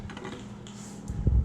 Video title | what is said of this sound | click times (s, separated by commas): Putting New rear shocks in a 1999 Ford Taurus...... | That's my torque wrench clicking. | 0.7 s, 1.3 s